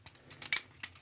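A folded plastic panel on a Transformers Masterpiece MPG Raiden (Trainbots) toy is closed so it hugs the toy's folded section, with the smoke stack folded out first. Several light plastic clicks and rattles lead up to the loudest sharp snap at 0.6 s, followed by a few softer clicks. The panel seats and snaps into place.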